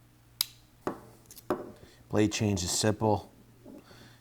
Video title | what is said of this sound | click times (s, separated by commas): Milwaukee FASTBACK Utility Knives DEAL is TOO GOOD To Be TRUE! | see that snapping | 0.4 s